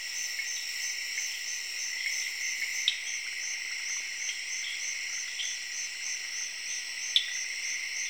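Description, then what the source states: Cricket chorus with continuous shrill trilling in several high bands, short chirps mixed in, and two sharp clicks standing out. Zaire, jungle, late evening, crickets calling together with tree frogs.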